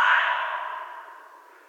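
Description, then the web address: Red fox giving a single harsh, hoarse call that starts loud and fades away over under two seconds. Recorded 11 January 2012. "Red Fox 2012 01 11 Red Fox long"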